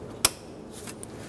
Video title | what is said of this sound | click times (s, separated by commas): How to Replace Radiator 2014-2019 Toyota Highlander | push it till you hear a click | 0.2 s